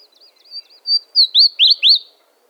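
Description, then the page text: Chestnut-crowned bush warbler singing a soft, wavering high whistle that breaks into a few emphatic slurred notes in quick succession; nothing else is heard. "Голоса птиц - Рододендроновая короткокрылая камышовка (Cettia major)"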